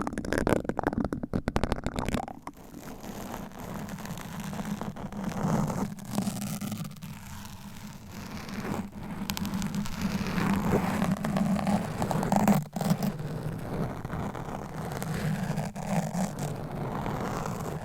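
Quick, dense scratching and tapping fill the first two seconds, then give way to a steady low hum or rubbing sound that continues for the rest of the clip. Occasional single taps or clicks break through, around six, nine, thirteen and sixteen seconds.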